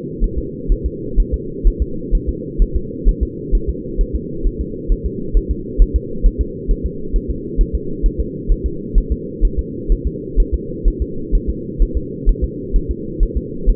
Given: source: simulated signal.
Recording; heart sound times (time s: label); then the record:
fetal heart sounds
0.24 s: S1
0.38 s: S2
0.72 s: S1
0.86 s: S2
1.20 s: S1
1.34 s: S2
1.67 s: S1
1.82 s: S2
2.15 s: S1
2.29 s: S2
2.62 s: S1
2.76 s: S2
3.09 s: S1
3.23 s: S2
3.55 s: S1
3.70 s: S2
4.01 s: S1
4.16 s: S2
4.47 s: S1
4.61 s: S2
4.92 s: S1
5.06 s: S2
5.37 s: S1
5.51 s: S2
5.82 s: S1
5.96 s: S2
6.26 s: S1
6.41 s: S2
6.71 s: S1
6.86 s: S2
7.16 s: S1
7.30 s: S2
7.61 s: S1
7.75 s: S2
8.06 s: S1
8.20 s: S2
8.52 s: S1
8.66 s: S2
8.98 s: S1
9.12 s: S2
9.45 s: S1
9.59 s: S2
9.92 s: S1
10.07 s: S2
10.40 s: S1
10.54 s: S2
10.88 s: S1
11.02 s: S2
11.35 s: S1
11.50 s: S2
11.82 s: S1
11.97 s: S2
12.29 s: S1
12.44 s: S2
12.76 s: S1
12.91 s: S2
13.23 s: S1
13.37 s: S2
13.70 s: S1
From the record:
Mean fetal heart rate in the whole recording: 130 bpm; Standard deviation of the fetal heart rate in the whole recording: 2 bpm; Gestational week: 38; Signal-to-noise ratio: -4.3 dB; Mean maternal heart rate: 72 bpm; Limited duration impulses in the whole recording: absent